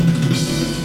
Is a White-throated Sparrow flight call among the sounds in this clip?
no